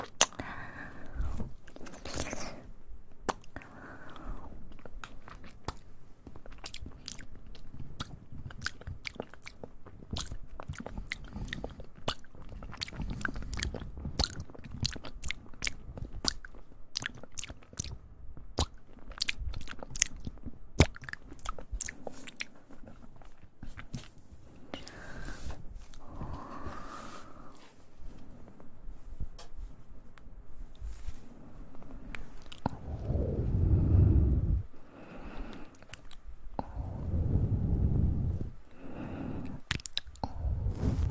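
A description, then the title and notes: Mouth sounds: dense clicks, smacks and crunchy chewing-like snaps scattered throughout, some quick and bright, others soft and wet. Occasional low breathy swells rise underneath, with heavier rumbling bursts around 33 and 37 seconds. ASMR Super tingly Mouth sounds.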